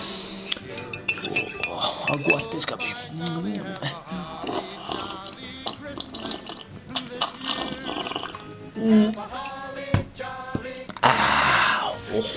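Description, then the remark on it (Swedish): Glass clinks sharply a few times, followed by soft sipping and swallowing of warm mulled wine (glögg), with a person speaking briefly between the sounds. “Här har jag bredvid mig här, så då, jag ska ta en liten smutt, vänta, ska jag se.”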